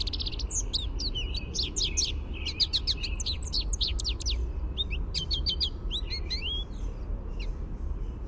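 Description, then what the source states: American goldfinch contact song: nearly continuous high twittering with rapid chips and upslurred notes, briefly pausing midway, over low rumbling noise. Contact song, a "sweeet" note.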